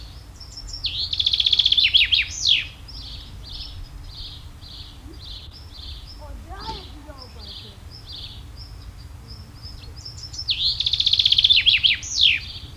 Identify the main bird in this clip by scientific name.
Fringilla coelebs